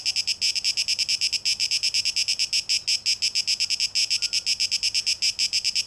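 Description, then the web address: Cicada buzzing, shrill and rhythmic, rapid pulses with a few brief dips in intensity, continuing throughout. Recorded 12 August 2023; tape echo mix. "rauschpartikel Audio 2023-08-12 Zikaden (Tape Echo Mix)"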